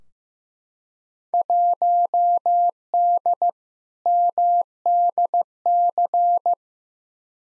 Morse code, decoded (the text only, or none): 1D MDC